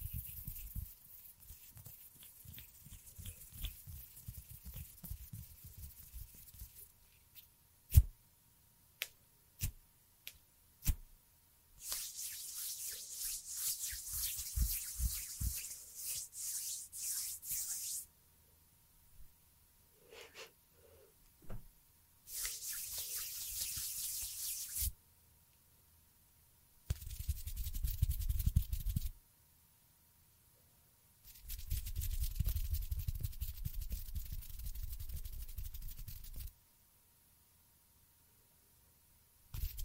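Fluttering finger and hand sounds arrive in bursts of bright hiss and low rustling, with sharp taps near eight seconds and silent gaps.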